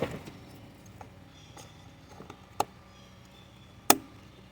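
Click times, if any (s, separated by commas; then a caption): 3.9 s. A plastic electrical connector is pushed onto the mass airflow sensor during a Nissan/Infiniti/Renault throttle body replacement. Faint handling taps and a sharper tick near 2.6 seconds lead up to one loud, crisp click at 3.9 seconds. The connector is seated and locked in.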